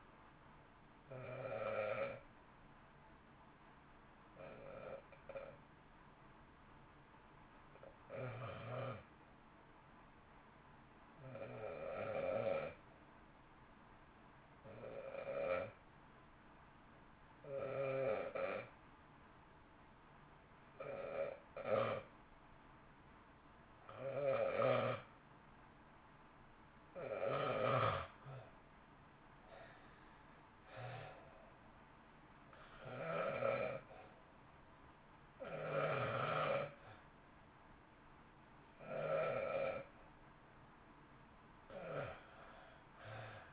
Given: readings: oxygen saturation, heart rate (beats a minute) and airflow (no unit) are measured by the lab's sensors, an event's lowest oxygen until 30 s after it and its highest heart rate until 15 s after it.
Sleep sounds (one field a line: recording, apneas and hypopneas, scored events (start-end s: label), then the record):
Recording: breathing in sleep by a voice recorder at the bedside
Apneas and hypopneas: 1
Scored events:
11.00-29.70 s: hypopnea (REM, oxygen 93% highest, then 81% lowest, heart rate 51 at the start, 62 highest)
From the record:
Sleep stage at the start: REM sleep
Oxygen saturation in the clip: 74 to 94%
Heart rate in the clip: 51 to 62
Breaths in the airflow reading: 14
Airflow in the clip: -1.3 to 1.1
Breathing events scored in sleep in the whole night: 328 in 6.3 hours asleep